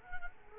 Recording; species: mosquito wingbeat signal from an infrared sensor; Culex quinquefasciatus